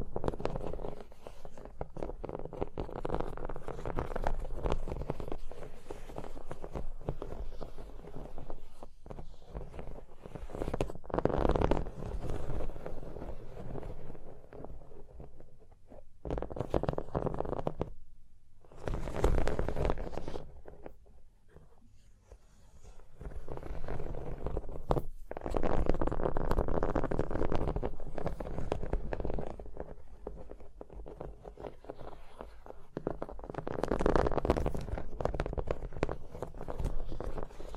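Continuous scratching and tracing on a surface, a dense rough rasp with soft low rumbling underneath, mostly in the low and middle range. Brighter scratchy bursts flare around 11, 17, 20, 25 and 34 seconds, and a brief near-silent pause falls near 18 seconds.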